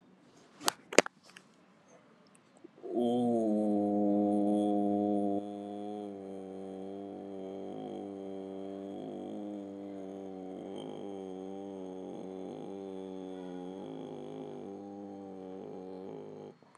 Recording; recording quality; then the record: sustained vowel as in boot; excellent, no background noise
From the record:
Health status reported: COVID-19 positive, moderate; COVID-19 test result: positive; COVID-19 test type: RT-PCR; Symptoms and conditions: cough, sore throat, fever, fatigue, muscle pain, another condition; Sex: male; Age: 48 years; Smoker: no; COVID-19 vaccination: both doses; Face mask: worn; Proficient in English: yes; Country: India